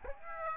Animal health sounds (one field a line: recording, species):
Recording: mosquito wingbeat signal from an infrared sensor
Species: Aedes aegypti